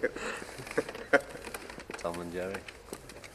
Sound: said to laughter and no pause